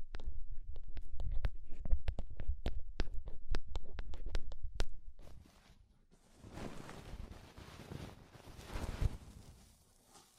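Ear cleaning with clay and rhinestone removal. In the first five seconds, rapid sharp clicks and taps come every fraction of a second over a low thumping. After a brief pause, a soft, dense scratchy rustling swells and fades twice toward the end.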